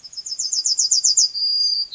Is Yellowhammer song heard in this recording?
yes